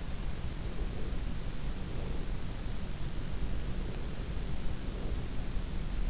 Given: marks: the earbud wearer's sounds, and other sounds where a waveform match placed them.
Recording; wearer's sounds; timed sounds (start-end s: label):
sounds in sleep by an in-ear microphone; breath
0.62-2.36 s: breath
3.24-5.41 s: breath